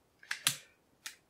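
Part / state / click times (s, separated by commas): slide stop/takedown lever into pistol frame and slide / seated / 0.3 s, 0.5 s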